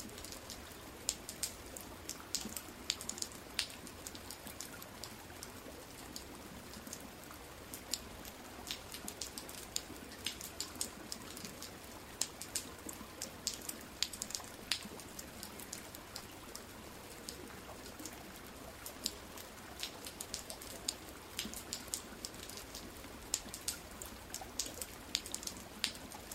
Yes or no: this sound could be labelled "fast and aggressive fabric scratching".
no